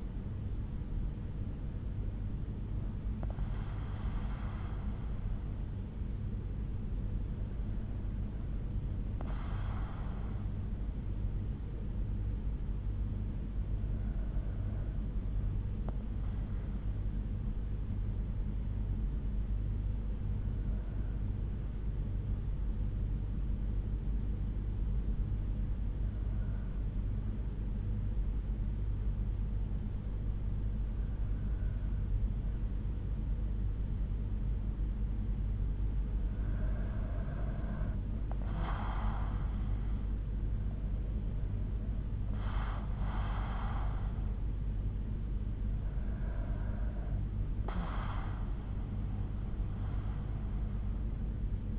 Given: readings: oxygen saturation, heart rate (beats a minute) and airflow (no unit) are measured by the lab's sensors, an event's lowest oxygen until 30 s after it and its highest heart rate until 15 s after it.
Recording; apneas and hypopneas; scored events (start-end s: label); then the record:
breathing in sleep by a smartphone at the bedside; 1
13.00-37.20 s: hypopnea (N2, oxygen 96% highest, then 92% lowest, heart rate 63 at the start, 69 highest)
From the record:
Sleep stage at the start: N2 (light sleep); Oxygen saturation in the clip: 92 to 96%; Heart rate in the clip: 60 to 72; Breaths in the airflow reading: 9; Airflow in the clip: -5.5 to 5.6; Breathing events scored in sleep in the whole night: 368 in 8.0 hours asleep